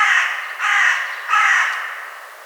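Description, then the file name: Carrion crow calling three rough, drawn-out caws in quick succession, the last one trailing off. "Corvus corone"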